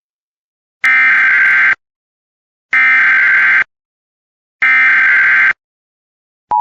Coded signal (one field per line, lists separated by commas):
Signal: Emergency Alert System (SAME) tones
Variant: header bursts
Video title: EAS Compilation | 4/2/2026 Texas Statewide Tornado Drill Alerts